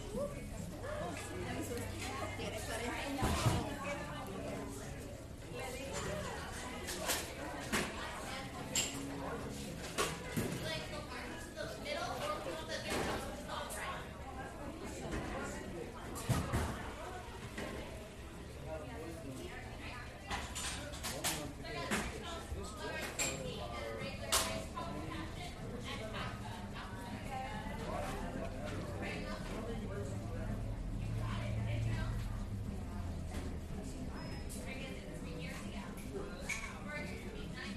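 A coffee shop with a steady murmur of overlapping voices throughout. Sharp clicks and clinks of cups and dishes come every few seconds, a few louder around 3, 16 and 24 seconds, over a low constant hum.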